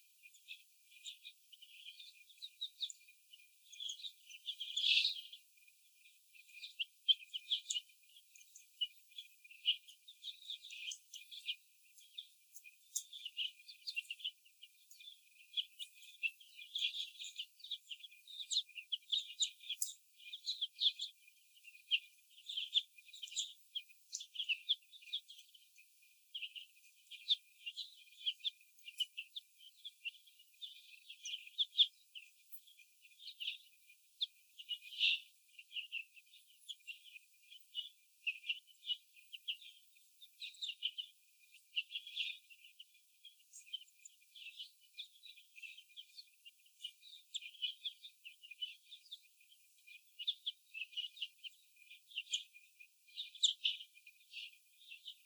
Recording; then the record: young laying hens in a cage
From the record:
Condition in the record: before the stressor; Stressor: sudden umbrella opening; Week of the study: 2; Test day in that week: 1